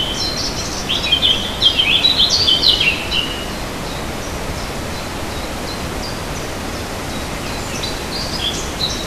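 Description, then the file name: Warbler song: a quick scratchy warbling phrase of high chattering notes for about three seconds, then softer twitters over steady background hiss. "fauvette"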